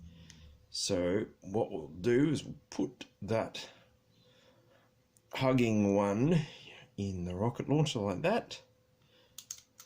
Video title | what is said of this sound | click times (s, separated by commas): G.I.Joe - 1992 Big Bear - Assemble The Troops | and you hear that satisfying click sound when it's all engaged | 9.4 s, 9.5 s